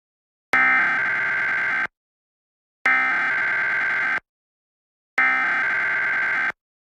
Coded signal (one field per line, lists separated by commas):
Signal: Emergency Alert System (SAME) tones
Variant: header bursts